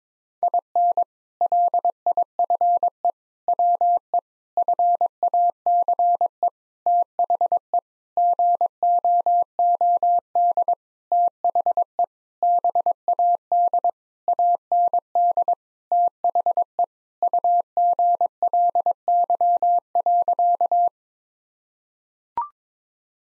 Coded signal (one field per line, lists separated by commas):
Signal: Morse code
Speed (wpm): 22 wpm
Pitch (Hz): 700 Hz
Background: none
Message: IN LIFE WE FACE THE GOOD THE BAD AND THE UGLY.